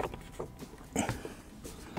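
A plastic door trim panel is handled against a Laguna 3 car door as it is about to be clipped back on, with soft rustling and a few brief knocks around 1.0 s and 1.1 s. Nothing has seated or clicked yet.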